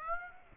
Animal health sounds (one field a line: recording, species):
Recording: mosquito wingbeat signal from an infrared sensor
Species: Aedes aegypti